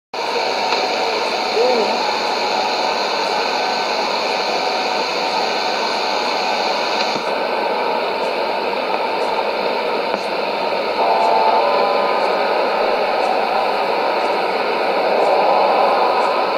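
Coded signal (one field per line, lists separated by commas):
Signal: numbers station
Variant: HM01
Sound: continuous wide hissy data-like tone block under shortwave static, no distinct words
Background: radio static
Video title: 26 05 2017 Numbers station Cuban Spy HM01 in Spanish 0515 on 10860 Bauta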